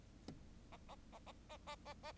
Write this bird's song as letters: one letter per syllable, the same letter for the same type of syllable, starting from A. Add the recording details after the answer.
A A A A A A A A. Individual Bird4